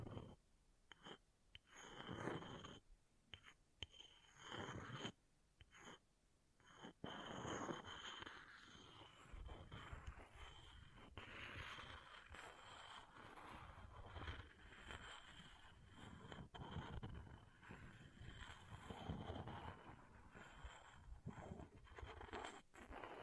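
Scratching against an object, in rough bursts with short silent gaps during the first seven seconds, then settling into a nearly continuous rasping scrape. A thin steady high tone runs underneath throughout, and the texture stays gritty and uneven to the end.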